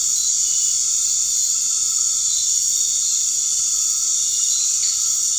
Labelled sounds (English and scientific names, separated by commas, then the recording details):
none
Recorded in dense forest near Puerto Asís, Putumayo, Colombia, on 12 March 2025 at 20:00
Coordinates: 0.485, -76.318
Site G056